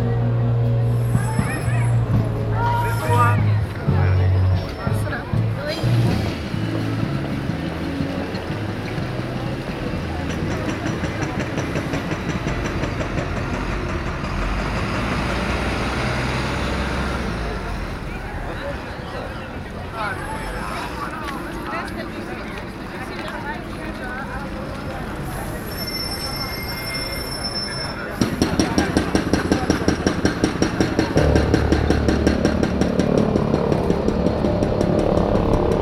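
A busy city square with people passing, voices chatting over a constant murmur. Heavy low rumbling from passing vehicles, possibly a tram, comes and goes, and around 28 seconds the scene turns louder and denser with footsteps and clatter.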